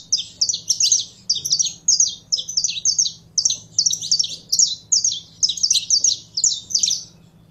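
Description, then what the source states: Belgian canary song made of rapid bright chirping notes grouped into short rolling phrases that follow one another closely. Song of a purebred Belgian canary.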